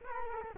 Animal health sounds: mosquito wingbeat signal from an infrared sensor; Culex quinquefasciatus

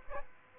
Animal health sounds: mosquito wingbeat signal from an infrared sensor; Aedes aegypti

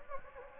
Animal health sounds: mosquito wingbeat signal from an infrared sensor; Anopheles gambiae

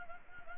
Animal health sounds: mosquito wingbeat signal from an infrared sensor; Anopheles gambiae

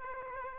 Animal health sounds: mosquito wingbeat signal from an infrared sensor; Aedes aegypti

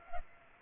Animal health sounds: mosquito wingbeat signal from an infrared sensor; Culex pipiens

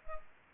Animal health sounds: mosquito wingbeat signal from an infrared sensor; Culex pipiens

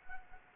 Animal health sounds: mosquito wingbeat signal from an infrared sensor; Anopheles arabiensis

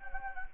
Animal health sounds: mosquito wingbeat signal from an infrared sensor; Anopheles gambiae

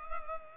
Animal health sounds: mosquito wingbeat signal from an infrared sensor; Culex pipiens

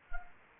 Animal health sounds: mosquito wingbeat signal from an infrared sensor; Anopheles arabiensis

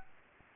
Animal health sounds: mosquito wingbeat signal from an infrared sensor; Anopheles arabiensis

